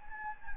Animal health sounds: mosquito wingbeat signal from an infrared sensor; Anopheles gambiae

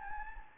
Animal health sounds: mosquito wingbeat signal from an infrared sensor; Anopheles gambiae

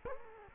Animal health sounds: mosquito wingbeat signal from an infrared sensor; Culex quinquefasciatus

